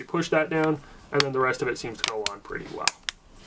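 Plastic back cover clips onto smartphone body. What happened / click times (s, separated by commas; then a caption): The plastic cover is being handled and pressed but has not clearly snapped home / none. Someone talks while handling the plastic back cover of a BLU R1 HD budget smartphone, which is being put back on the phone body top edge first before being pressed on around the sides. A few short, faint taps and knocks sound between the words. Nothing has snapped or seated yet.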